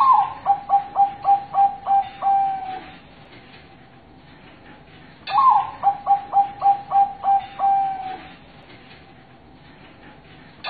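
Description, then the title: Zebra dove cooing song, two full phrases about five seconds apart, each a higher opening note, rapid clipped coos, then a drawn-out final coo. Master song meant to stir other zebra doves into singing. "Perkutut Mana Yang Nggak Ikut Manggung Dengar Suara Perkutut Masteran Ini"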